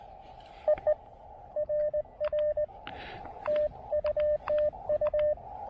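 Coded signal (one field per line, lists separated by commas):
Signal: Morse code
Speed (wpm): 20 wpm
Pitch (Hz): 600 Hz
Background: radio noise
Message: EE RR TUTU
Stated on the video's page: Speedy QRP CW park activation using an Elecraft KX2 with AX1 antenna.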